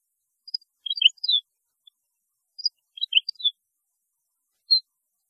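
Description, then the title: European goldfinch: small songbird giving two short phrases of high, tinkling and slurred notes about two seconds apart, followed by a lone thin note near the end. "Chant Chardonneret"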